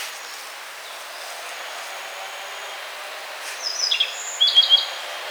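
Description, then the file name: Yellow bunting song: high, thin buzzy notes and short trills in the final two seconds, after quiet background hiss. "Emberiza sulphurata"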